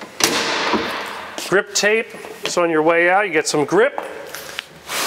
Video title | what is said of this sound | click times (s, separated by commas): TINY $63,600.00 Airstream Camping Trailer - 2023 Bambi 16RB Walk Through Tour | here is the entry step this just pops right in place foreign | 0.2 s